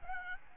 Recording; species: mosquito wingbeat signal from an infrared sensor; Aedes albopictus